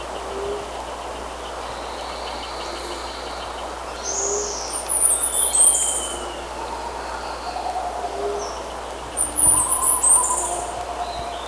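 Bird calls, brief high chirps and squeaks around the middle and near the end, over constant background hiss.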